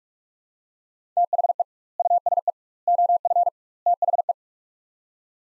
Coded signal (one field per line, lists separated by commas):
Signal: Morse code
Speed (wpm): 47 wpm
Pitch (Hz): 700 Hz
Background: none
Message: THE USE OF THE